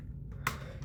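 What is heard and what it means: Two plastic tabs are pushed into their matching slots on a Transformers Legacy Motormaster toy robot body during conversion. A sharp click sounds at 0.5 s over a low background hum, and the tabs seat in place.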